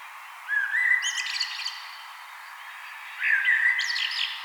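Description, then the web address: Common blackbird song: two low rich fluted phrases about three seconds apart, each ending in a brief squeaky twitter. "vogelstimmen amsel gesang nabu lars lachmann"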